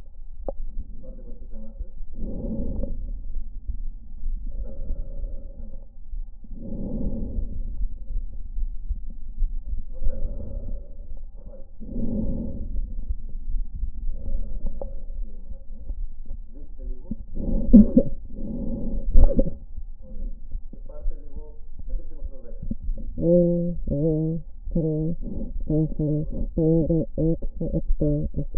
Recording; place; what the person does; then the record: lung sounds by stethoscope; left anterior apical chest; quiet breathing, then cough and speech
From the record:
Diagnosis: interstitial lung disease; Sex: female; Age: 72 years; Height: 158 cm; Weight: 69 kg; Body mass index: 27.6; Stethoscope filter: diaphragm mode